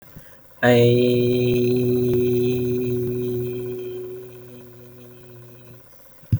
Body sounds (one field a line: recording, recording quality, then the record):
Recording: sustained vowel as in made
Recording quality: moderate, slight background noise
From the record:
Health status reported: healthy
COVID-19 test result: not tested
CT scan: not taken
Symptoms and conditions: cough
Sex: male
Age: 28 years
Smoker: no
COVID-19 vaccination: none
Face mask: not worn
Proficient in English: yes